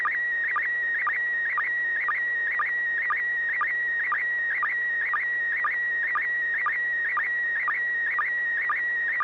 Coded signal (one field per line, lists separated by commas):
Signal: SSTV (slow-scan television)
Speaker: it's working so go ahead and transmit [Music] d d d AI 6dg